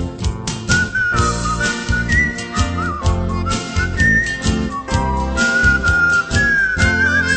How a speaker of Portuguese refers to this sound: Assobiando sempre esta melodia, vou conduzindo o passageiro com amor.